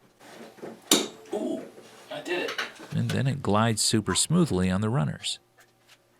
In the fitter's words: there's a power cord and a cable management arm that goes in first and then the drawer just clicks into place oh I did it